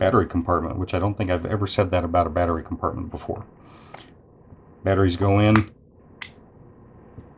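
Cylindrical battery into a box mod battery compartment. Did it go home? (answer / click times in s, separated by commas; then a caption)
yes / 6.2 s. A cylindrical battery is pushed into the leaf-spring battery compartment of a metal box mod while someone talks. At 6.2 seconds the battery snaps into place with a sharp click, seating firmly.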